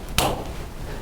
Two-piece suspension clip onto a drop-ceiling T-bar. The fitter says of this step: and you'll hear it snap together